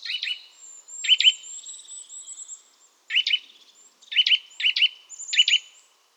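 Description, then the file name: Eurasian nuthatch sharp paired chirps in short runs, mixed with high thin whistled notes. "Sitta europaea"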